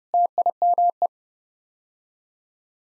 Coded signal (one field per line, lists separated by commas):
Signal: Morse code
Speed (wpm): 30 wpm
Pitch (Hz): 700 Hz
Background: none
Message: TIME